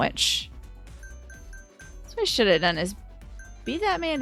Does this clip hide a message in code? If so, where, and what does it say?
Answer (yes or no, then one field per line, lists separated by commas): no